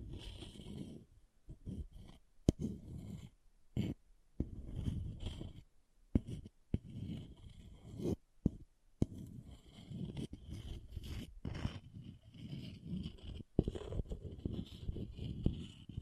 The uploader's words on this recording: ASMR Brain Melting Object Scratching (No Talking).